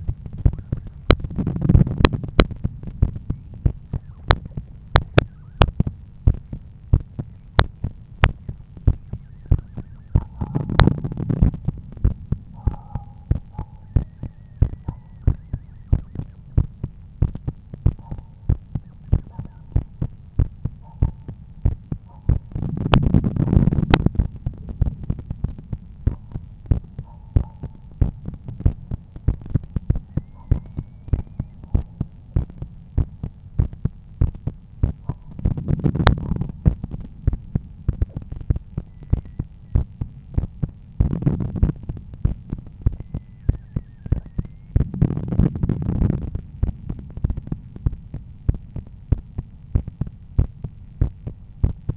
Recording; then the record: heart sounds by stethoscope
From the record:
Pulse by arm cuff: 96 bpm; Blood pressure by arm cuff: 113/74 mmHg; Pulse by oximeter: 98 bpm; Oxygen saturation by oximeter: 97%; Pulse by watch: 89 bpm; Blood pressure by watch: 126/81 mmHg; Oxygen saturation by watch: 98%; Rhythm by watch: sinus rhythm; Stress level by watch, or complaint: low stress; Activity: after 5 min smoking and 1 beer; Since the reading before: plus 2000 steps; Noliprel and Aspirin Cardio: after pills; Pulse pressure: 39 mmHg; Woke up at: 7:50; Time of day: 10:47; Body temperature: 36.5 C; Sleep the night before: 7 h 52 min, score 75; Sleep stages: REM 24%, light 55%, deep 12%, awake 9%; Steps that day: 9500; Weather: sunny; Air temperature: 21 C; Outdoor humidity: 70%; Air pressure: 1013 hPa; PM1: 5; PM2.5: 8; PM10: 9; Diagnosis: hypertension, treated with Noliprel and Aspirin Cardio 100 mg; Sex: male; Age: 53 years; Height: 174 cm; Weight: 81 kg